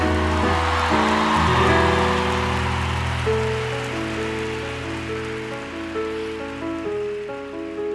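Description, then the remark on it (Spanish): A crowd claps steadily in a dense, crackling wash of applause for the musical director and keyboardist while sustained keyboard chords ring underneath; the clapping is strongest early on and gradually eases off. “Quiero pedir un fortísimo aplauso, por favor, a la dirección musical y teclados,”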